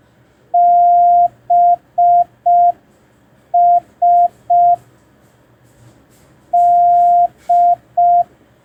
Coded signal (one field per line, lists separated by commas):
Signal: Morse code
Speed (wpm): 5 wpm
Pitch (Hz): 700 Hz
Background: none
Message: BS D